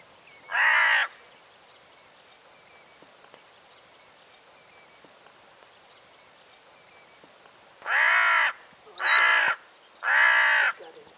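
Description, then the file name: Carrion crow giving harsh, rasping caws: one single caw, a long silence, then three caws in close succession. "Corvus corone"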